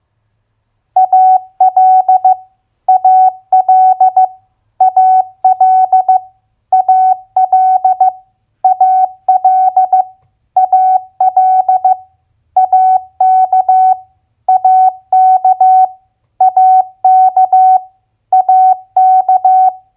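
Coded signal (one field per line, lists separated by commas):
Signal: Morse code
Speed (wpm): 15 wpm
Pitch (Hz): 750 Hz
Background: none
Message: AL AL AL AL AL AL AK AK AK AK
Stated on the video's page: Morse head-copy drill of US state abbreviations at 15 wpm.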